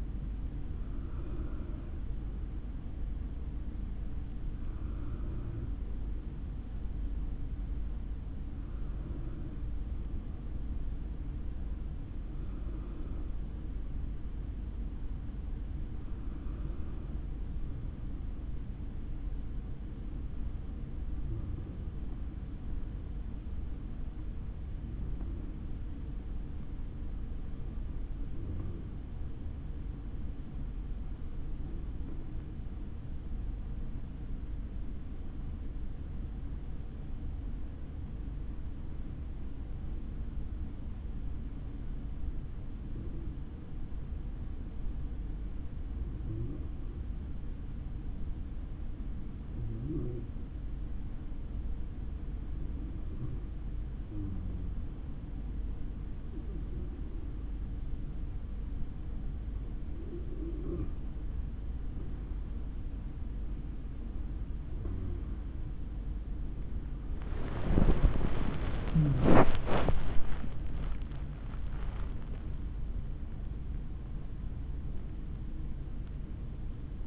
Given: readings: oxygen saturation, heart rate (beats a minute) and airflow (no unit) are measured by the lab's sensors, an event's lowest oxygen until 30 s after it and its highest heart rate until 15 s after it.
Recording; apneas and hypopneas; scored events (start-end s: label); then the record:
breathing in sleep by a smartphone at the bedside; 1
27.00-66.70 s: hypopnea (N2, oxygen 94% highest, then 88% lowest, heart rate 78 at the start, 89 highest)
59.00-77.07 s: new sleep stage, N1 (lightest sleep)
From the record:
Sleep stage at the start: N2 (light sleep); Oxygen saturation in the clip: 88 to 94%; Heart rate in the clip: 57 to 89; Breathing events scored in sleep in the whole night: 160 in 9.3 hours asleep